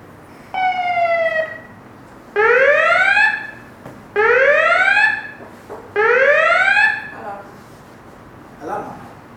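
A starship red alert alarm: a short steady tone, then three loud rising whoops in a regular, evenly spaced rhythm, each sweeping upward in pitch before cutting off, with a faint trailing sound afterward.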